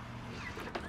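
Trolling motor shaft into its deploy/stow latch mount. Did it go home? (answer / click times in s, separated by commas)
yes / 0.8 s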